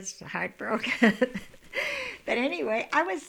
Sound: she laughs

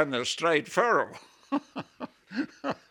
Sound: he laughs

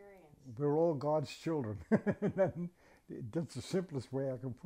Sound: laughs

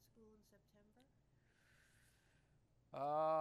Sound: intake of breath

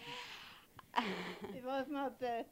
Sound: she laughs

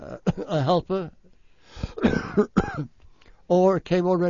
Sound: he coughs

